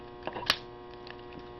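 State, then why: Partly seated. A plastic part of a transforming toy is pressed into its mounting on the toy body over a steady mains hum. A small tap comes at 0.3 s, and a sharper click at 0.5 s is the part almost snapping in. It only partly seats and is not really secure.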